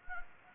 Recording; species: mosquito wingbeat signal from an infrared sensor; Anopheles gambiae